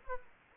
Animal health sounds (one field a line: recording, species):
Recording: mosquito wingbeat signal from an infrared sensor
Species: Aedes aegypti